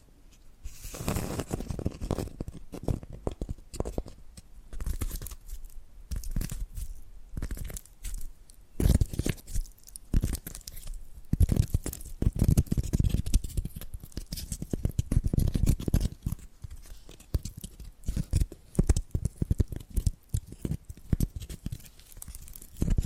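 Tapping and scratching sounds run without pause, dense bursts of short crisp strikes mixed with rougher scraping that sometimes sounds like tearing or crunching. The rhythm is irregular, with brief quieter gaps near 3, 8 and 17 seconds before the busy activity picks up again.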